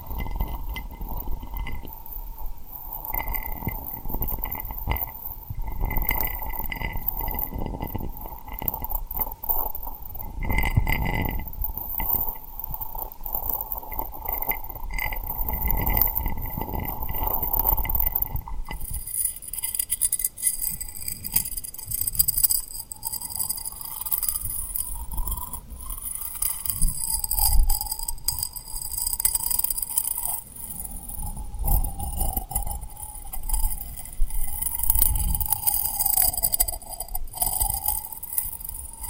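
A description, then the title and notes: Soft tapping and rubbing on rhinestones, with frequent low muffled thumps and faint clinks throughout. A steady mid-pitched hum runs under the first half; after about 19 seconds it wavers, and a brighter, glittery scratching sound takes over. ASMR Tapping & Rubbing Rhinestone Lip Triggers for Sleep (No Talking).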